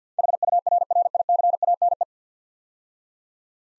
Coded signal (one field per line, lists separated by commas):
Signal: Morse code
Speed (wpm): 47 wpm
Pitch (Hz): 700 Hz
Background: none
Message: HURRICANE